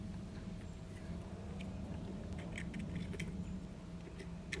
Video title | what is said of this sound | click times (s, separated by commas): Honda Goldwing Heated Seat Booster- Electrical Connection | I heard the click. | 4.5 s